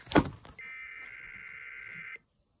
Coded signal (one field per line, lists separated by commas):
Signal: Emergency Alert System (SAME) tones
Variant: header bursts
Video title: EAS 2920-2922: KDKA RANDOM EAS TEST + RELAYS